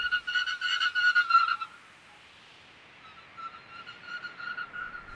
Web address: darwin 2009. Common Snipe